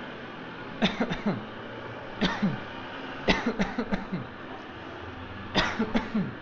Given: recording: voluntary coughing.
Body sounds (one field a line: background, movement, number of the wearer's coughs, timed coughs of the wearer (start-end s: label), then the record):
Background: traffic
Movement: sitting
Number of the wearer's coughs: 8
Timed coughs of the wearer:
0.79-1.05 s: cough
1.05-1.48 s: cough
2.18-2.53 s: cough
3.25-3.55 s: cough
3.56-3.87 s: cough
3.89-4.27 s: cough
5.53-5.86 s: cough
5.92-6.30 s: cough
From the record:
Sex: male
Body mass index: 20.5 kg/m2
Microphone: on the chest, facing outward